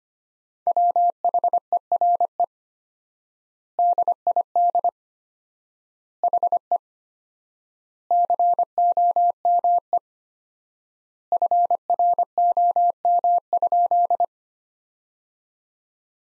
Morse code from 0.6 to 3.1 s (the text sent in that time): WHERE